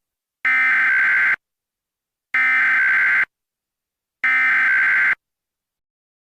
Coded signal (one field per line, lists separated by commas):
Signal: Emergency Alert System (SAME) tones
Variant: header bursts